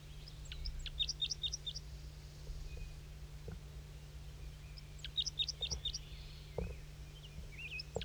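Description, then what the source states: Crossbill song: two quick bursts of high, clipped notes, each a rapid run of several notes lasting under a second, a few seconds apart. Scattered single chips and a steady low hum accompany them. Wild male singing from the top of a dead pine above bird 5-3.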